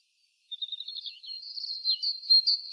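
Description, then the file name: Great tit calls: a quick run of high, thin chipping notes after a short silence, building into louder, denser twittering toward the end. "Parus major"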